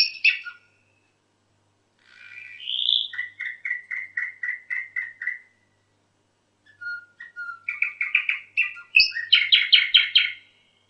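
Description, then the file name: Canary song in bursts: a short note, then a whistle into a rapid trill, a pause, and a final set of fast rolled notes. Orpheus canary. "kn orpheus v 1 omkicau"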